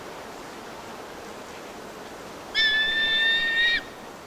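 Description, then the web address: Solitary eagle calling with a single level, sustained whistle lasting over a second, clear against a constant rushing background noise. Ecuador. "Birds of Ecuador. Solitary Eagle"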